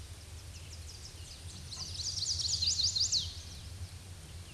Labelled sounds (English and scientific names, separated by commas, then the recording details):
Chestnut-sided Warbler (Setophaga pensylvanica) song
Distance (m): 20 m
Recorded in a Pennsylvania forest on 18 May 2023 at 07:38
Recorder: AudioMoth, point grid1_18_low
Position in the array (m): 158 m, 151 m